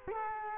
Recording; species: mosquito wingbeat signal from an infrared sensor; Culex quinquefasciatus